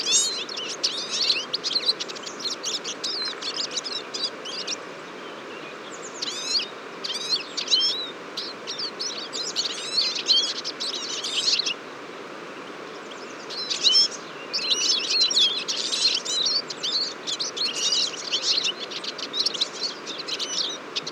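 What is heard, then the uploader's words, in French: A large flock of siskins chatters at a feeder, a dense chorus of finches with high, rapid twittering and buzzy calls that overlap almost continuously. The chorus thins briefly around the middle, then swells again, over a steady low outdoor hum. Fourcinet - Drôme - Nagra seven - Telinga P7. En ce matin de février j'ai la surprise d'entendre à la mangeoire un grand nombre de Tarin des aulnes (Carduelis spinus) , alors je m'essaye à une prise de son. Parfois un Chardonneret élégant (Carduelis carduelis) se mêle a ce choeur de fringilles.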